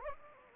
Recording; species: mosquito wingbeat signal from an infrared sensor; Anopheles gambiae